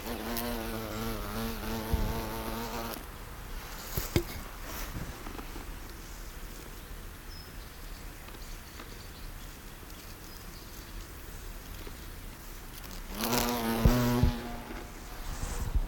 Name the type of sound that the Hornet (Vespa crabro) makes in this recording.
wing sound